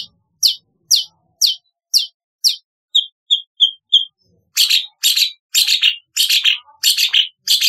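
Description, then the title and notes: Long-tailed shrike song: a varied run of sharp, harsh high notes, then short clear whistles, then rasping chattery notes, each about half a second apart. "Kicau Burung Cendet"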